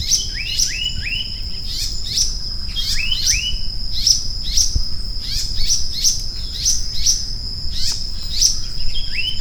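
Maratua monarch calls: rapid downslurred chirps in tight bunches, repeated steadily throughout, with a shrill insect drone running underneath.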